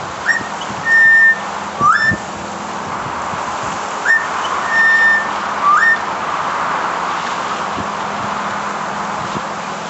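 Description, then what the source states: Butcherbird calling: rising whistles and a steady held whistle repeated in two short bouts, against a constant rushing background noise. Female bird calling for her mate, who had died a couple of days earlier from canker.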